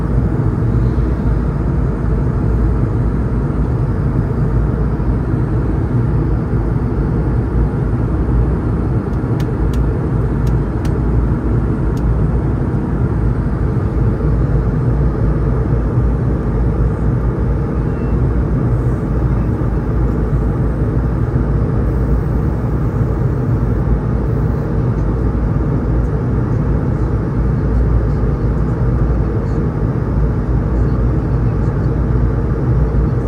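Steady, dense engine roar inside an airplane cabin, heavy in the low end and unchanging for the whole stretch. A few brief clicks or ticks cluster around ten seconds, with faint high whines and rattles scattered above the constant drone.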